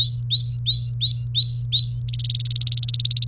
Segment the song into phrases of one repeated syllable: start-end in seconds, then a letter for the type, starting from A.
0.00-2.00 A, 2.08-3.27 B